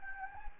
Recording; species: mosquito wingbeat signal from an infrared sensor; Anopheles gambiae